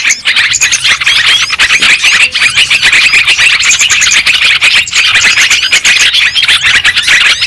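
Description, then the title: Lovebird flock calls, dense shrill chirps and squeaks running on with small gaps here and there. Lure recording (pikat) played to attract and trap lovebirds. "PIKAT BURUNG LOVEBIRD"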